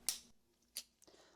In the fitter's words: This is a friction fit cap with a pretty satisfying snap.